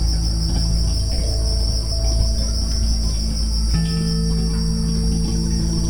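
Cricket chorus giving a constant high shimmer, with mellow low notes that step to a new pitch partway through.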